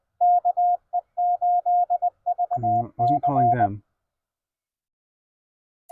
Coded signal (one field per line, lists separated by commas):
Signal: Morse code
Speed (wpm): 20 wpm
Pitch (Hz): 710 Hz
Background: speech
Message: KE8VC